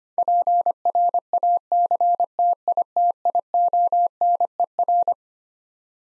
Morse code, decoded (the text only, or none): PRACTITIONER